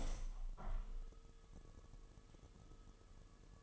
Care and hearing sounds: daily activity, microphone in the room; open window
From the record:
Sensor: 4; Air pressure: 1000.8 hPa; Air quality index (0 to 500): 243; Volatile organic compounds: 40 ppm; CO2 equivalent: 3150 ppm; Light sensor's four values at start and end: 9/20/8/7 and 9/20/8/8

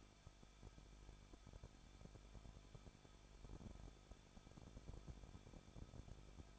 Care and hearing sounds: daily activity, microphone in the room; no activity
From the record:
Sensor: 5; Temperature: 20.7 degrees Celsius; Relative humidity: 38.7%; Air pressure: 1006.5 hPa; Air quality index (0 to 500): 193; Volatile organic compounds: 21 ppm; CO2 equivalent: 2725 ppm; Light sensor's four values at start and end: 2/3/1/1 and 2/3/1/1

